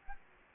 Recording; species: mosquito wingbeat signal from an infrared sensor; Aedes aegypti